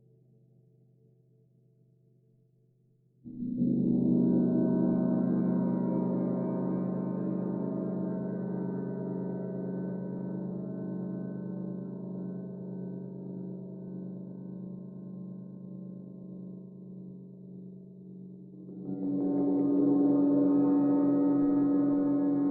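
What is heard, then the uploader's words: Celestial gongs ring out in long, shimmering swells. After a quiet hum, a strike near three seconds brings a rich, low roar with bright overtones that slowly fades, then a second strike near nineteen seconds adds a brighter, sustained layer. Meditation Five Celestial Gongs.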